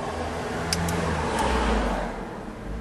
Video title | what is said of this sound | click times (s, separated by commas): Window Motor Replace Grand Am Pt. 2 | all right it's kind of it clicked in | 0.7 s